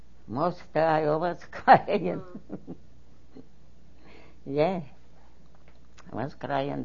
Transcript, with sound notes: Most time I was crying, (she laughs) yeah. I was crying.